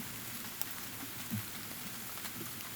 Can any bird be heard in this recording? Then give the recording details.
no. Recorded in pastures near Puerto Asís, Putumayo, Colombia, on 19 June 2025 at 03:00. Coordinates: 0.487, -76.322. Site H26